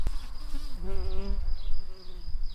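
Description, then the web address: Tree bumblebee buzzing, a steady droning hum whose pitch wavers, dipping and rising slightly over two and a half seconds, with a faint constant high tone behind. Worker bees. "bumblebees learning set sounds Hypnorum-workers"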